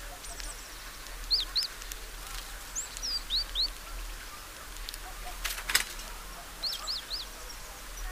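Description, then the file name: Great tit calls: short, high, downslurred notes in pairs and a triplet, given sporadically, with a few thinner higher notes, a couple of sharp clicks and steady background hiss. "Parus major"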